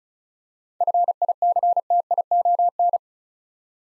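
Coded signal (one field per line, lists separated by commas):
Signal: Morse code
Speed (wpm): 36 wpm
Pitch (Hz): 700 Hz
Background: none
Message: FICTION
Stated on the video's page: Morse word-copy practice drill at 35 wpm: seven-letter words, each sent twice for head-copy training.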